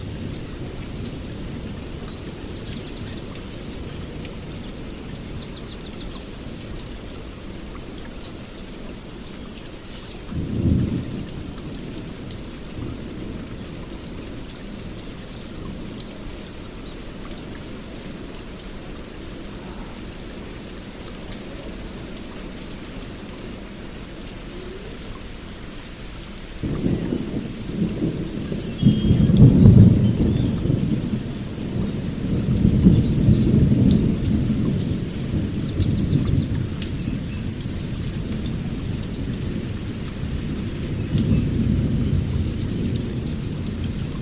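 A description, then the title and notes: Steady rain patters throughout, with low thunder rumbling briefly near eleven seconds and rolling more heavily from about twenty-seven seconds on. Nature Sounds In A Peaceful Forest Hut On A Rainy Day.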